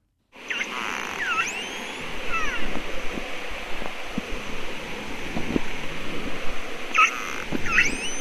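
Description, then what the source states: Short-finned pilot whale sounds: upswept and wavering squeaky whistles in bursts, with scattered clicks over a constant hiss. Recorded by the guest; lots of squeaking and clicking like dolphin sounds; sing-songy whistles earn the name canaries of the ocean.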